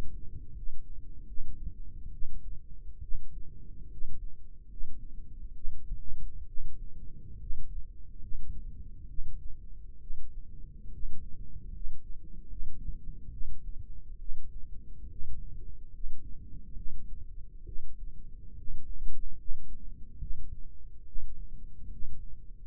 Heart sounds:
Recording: heart sounds by microphone in the right ear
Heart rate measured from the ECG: 70 bpm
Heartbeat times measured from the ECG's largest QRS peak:
0.53 s: heartbeat
1.26 s: heartbeat
2.11 s: heartbeat
3.00 s: heartbeat
3.89 s: heartbeat
4.68 s: heartbeat
5.53 s: heartbeat
6.46 s: heartbeat
7.37 s: heartbeat
8.19 s: heartbeat
9.07 s: heartbeat
9.99 s: heartbeat
10.90 s: heartbeat
11.71 s: heartbeat
12.47 s: heartbeat
13.30 s: heartbeat
14.17 s: heartbeat
15.08 s: heartbeat
15.91 s: heartbeat
16.74 s: heartbeat
17.64 s: heartbeat
18.55 s: heartbeat
19.36 s: heartbeat
20.18 s: heartbeat
21.04 s: heartbeat
21.89 s: heartbeat
22.67 s: heartbeat
From the record:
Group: healthy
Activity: rest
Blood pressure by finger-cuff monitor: 84/56 mmHg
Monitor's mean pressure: 66 mmHg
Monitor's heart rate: 71 bpm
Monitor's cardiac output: 5.7 L/min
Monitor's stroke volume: 81 mL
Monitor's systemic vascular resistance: 840 dyn s/cm5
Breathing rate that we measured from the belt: 17 breaths a minute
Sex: female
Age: 22 years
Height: 163 cm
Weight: 67.1 kg

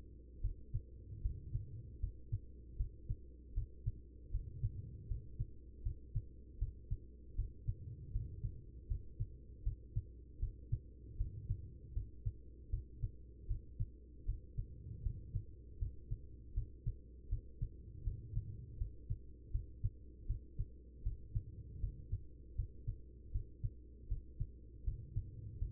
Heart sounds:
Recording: heart sounds by stethoscope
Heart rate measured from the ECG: 79 bpm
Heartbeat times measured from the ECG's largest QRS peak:
0.41 s: heartbeat
1.21 s: heartbeat
1.99 s: heartbeat
2.76 s: heartbeat
3.53 s: heartbeat
4.30 s: heartbeat
5.07 s: heartbeat
5.82 s: heartbeat
6.58 s: heartbeat
7.35 s: heartbeat
8.11 s: heartbeat
8.87 s: heartbeat
9.63 s: heartbeat
10.39 s: heartbeat
11.16 s: heartbeat
11.93 s: heartbeat
12.69 s: heartbeat
13.46 s: heartbeat
14.25 s: heartbeat
15.02 s: heartbeat
15.78 s: heartbeat
16.53 s: heartbeat
17.28 s: heartbeat
18.03 s: heartbeat
18.77 s: heartbeat
19.51 s: heartbeat
20.26 s: heartbeat
21.02 s: heartbeat
21.79 s: heartbeat
22.55 s: heartbeat
23.31 s: heartbeat
24.07 s: heartbeat
24.83 s: heartbeat
25.58 s: heartbeat
From the record:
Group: healthy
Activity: rest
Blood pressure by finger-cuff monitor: 114/75 mmHg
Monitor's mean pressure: 89 mmHg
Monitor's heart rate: 78 bpm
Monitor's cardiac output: 5.5 L/min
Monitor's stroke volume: 70 mL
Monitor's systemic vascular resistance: 1190 dyn s/cm5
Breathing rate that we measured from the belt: 18 breaths a minute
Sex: female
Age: 43 years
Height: 160 cm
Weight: 90 kg

